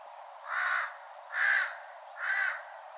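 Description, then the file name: Large-billed crow cawing three times, each call hoarse and drawn out, spaced roughly a second apart. Recorded on Ishigaki, Japan, on 23 April 2012. "osahashibuto 120423 ishigaki moriya"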